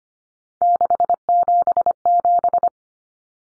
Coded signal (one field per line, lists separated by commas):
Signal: Morse code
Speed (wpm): 25 wpm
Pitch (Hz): 700 Hz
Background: none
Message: 677